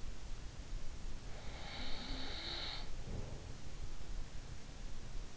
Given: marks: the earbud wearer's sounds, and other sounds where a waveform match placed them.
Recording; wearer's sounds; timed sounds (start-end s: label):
sounds in sleep by an in-ear microphone; snoring breath
1.34-3.47 s: snoring breath